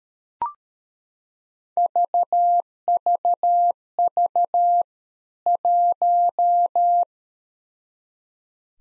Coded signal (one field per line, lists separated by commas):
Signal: Morse code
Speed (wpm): 13 wpm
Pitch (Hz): 700 Hz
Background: none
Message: VVV 1